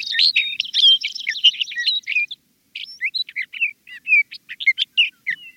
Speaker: A male sage thrasher is proclaiming his territory.